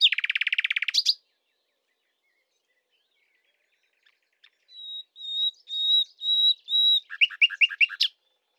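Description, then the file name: Common nightingale song: a dense buzzing rattle, a pause, then a row of clear high whistles ending in quick descending chirps. "Luscinia megarhynchos"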